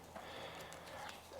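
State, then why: Not seated. A wiper blade with its adapter insert is handled and pushed toward the wiper arm hook, giving soft rustling and light plastic handling sounds over a steady low hum. Nothing has seated or snapped into place yet.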